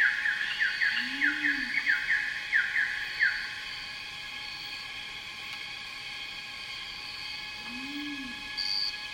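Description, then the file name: Birds giving a burst of short downslurred chirps for about three seconds, then falling silent while a continuous cicada drone goes on. Birds heard together with cicadas in a rainforest. "cicadas and birds in rainforest"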